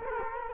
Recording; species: mosquito wingbeat signal from an infrared sensor; Culex quinquefasciatus